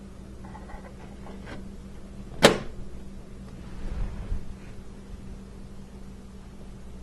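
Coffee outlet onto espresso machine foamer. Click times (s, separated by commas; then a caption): 2.4 s. The plastic coffee outlet tube of a Franke Flair espresso machine is placed over the milk foamer, its tab is lined up, and it is pressed toward the machine. A sharp, short click at 2.5 s marks it seating in place, over a steady low hum and a faint rumble afterward.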